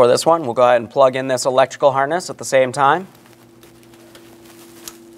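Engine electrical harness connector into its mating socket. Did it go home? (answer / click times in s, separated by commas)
yes / 4.9 s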